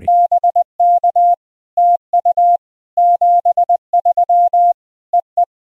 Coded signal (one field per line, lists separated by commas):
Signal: Morse code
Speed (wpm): 20 wpm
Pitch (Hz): 700 Hz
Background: none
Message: BK TU 73 EE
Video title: Unboxing the compact and powerful Venus SW-3B - a must-have for CW QRP enthusiasts!